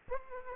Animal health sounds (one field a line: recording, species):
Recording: mosquito wingbeat signal from an infrared sensor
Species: Aedes aegypti